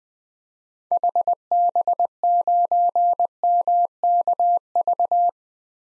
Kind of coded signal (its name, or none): Morse code